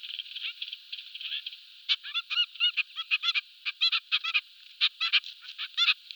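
Trumpeter finch calls: a run of short nasal notes, then sharper buzzy clicks and chirps repeated rapidly in uneven bursts, high-pitched with no other sounds.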